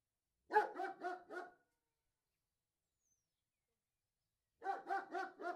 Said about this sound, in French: Tu entends ? On dirait un chien qui jappe !